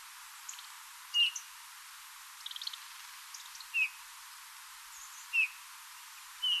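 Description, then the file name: Eurasian bullfinch giving soft, short piping whistles, one every one to three seconds, four in all, with faint high chirps between them. "Pyrrhula pyrrhula"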